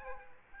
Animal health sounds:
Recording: mosquito wingbeat signal from an infrared sensor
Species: Aedes aegypti

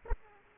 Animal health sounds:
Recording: mosquito wingbeat signal from an infrared sensor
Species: Aedes aegypti

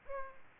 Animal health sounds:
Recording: mosquito wingbeat signal from an infrared sensor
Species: Aedes aegypti

